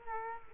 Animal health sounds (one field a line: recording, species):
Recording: mosquito wingbeat signal from an infrared sensor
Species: Culex quinquefasciatus